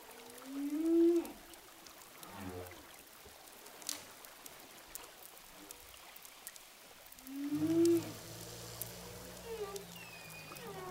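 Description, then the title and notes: Humpback whale sounds: a rising moan ending in a bright tone near one second and again near eight, with faint pulses between and a low hum after the second. Hydrophone recording of humpback whales offshore of Saint-Gilles, Réunion. "whales sound hydrophone, saint gilles de la reunion. au large de saint gilles de la Réunion baleine à bosse"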